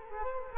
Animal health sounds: mosquito wingbeat signal from an infrared sensor; Culex quinquefasciatus

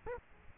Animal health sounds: mosquito wingbeat signal from an infrared sensor; Aedes aegypti

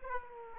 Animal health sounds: mosquito wingbeat signal from an infrared sensor; Aedes aegypti

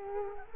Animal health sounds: mosquito wingbeat signal from an infrared sensor; Culex quinquefasciatus

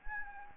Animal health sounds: mosquito wingbeat signal from an infrared sensor; Anopheles gambiae

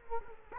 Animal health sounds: mosquito wingbeat signal from an infrared sensor; Culex quinquefasciatus

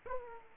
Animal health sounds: mosquito wingbeat signal from an infrared sensor; Aedes aegypti

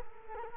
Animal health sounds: mosquito wingbeat signal from an infrared sensor; Culex quinquefasciatus

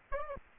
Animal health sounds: mosquito wingbeat signal from an infrared sensor; Aedes albopictus

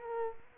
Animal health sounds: mosquito wingbeat signal from an infrared sensor; Culex quinquefasciatus

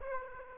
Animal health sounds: mosquito wingbeat signal from an infrared sensor; Aedes aegypti

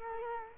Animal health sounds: mosquito wingbeat signal from an infrared sensor; Culex quinquefasciatus

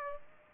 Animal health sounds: mosquito wingbeat signal from an infrared sensor; Aedes aegypti

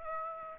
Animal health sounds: mosquito wingbeat signal from an infrared sensor; Aedes aegypti

